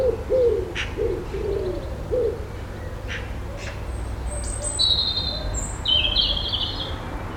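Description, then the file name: Pigeon coos: several low, throaty coos at the start, then higher bird calls, all over a constant low rumble of street traffic. Urban/suburban street ambience with pigeons and light distant traffic. "ambience urban suburban street birds pigeons seaguls light traffic distant"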